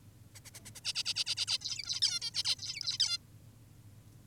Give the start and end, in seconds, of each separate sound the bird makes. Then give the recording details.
0.36-0.40, 0.45-0.50, 0.54-0.60, 0.66-0.70, 0.75-0.80, 0.85-0.93, 0.95-1.03, 1.05-1.14, 1.16-1.24, 1.26-1.35, 1.37-1.46, 1.48-1.58, 1.61-2.01, 2.02-2.20, 2.22-2.31, 2.34-2.43, 2.45-2.56, 2.59-2.98, 3.00-3.18. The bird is an adult. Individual g19o10U